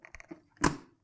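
The front tab on the flip-up chin bar of an HJC RPHA-90 modular motorcycle helmet is pressed, and the chin bar's locking mechanism releases from the helmet shell easily. A few faint ticks come first, then a sharp, loud release click at 0.6 s that fades over the next few tenths of a second. The chin bar is unlatched and released.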